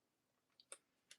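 A small plastic USB converter clip is pushed into its mounting socket on the device and snaps into place. Short, sharp tick-like clicks are heard at 0.6 s, 0.7 s and 1.1 s. The loudest, at 0.7 s, is the clip seating.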